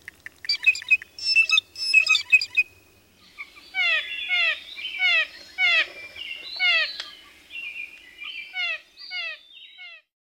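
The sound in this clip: Blue jay calls: several harsh, noisy squawks, then a series of clear, downslurred notes repeated in irregular groups over about seven seconds.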